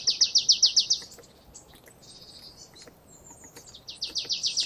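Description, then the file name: Marsh tit delivering a fast, high trill of repeated bright notes, a softer buzzy phrase in the middle, then the rapid trill returns at the end. "Poecile palustris"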